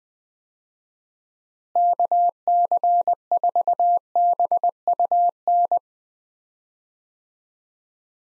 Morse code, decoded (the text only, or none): KC4BUN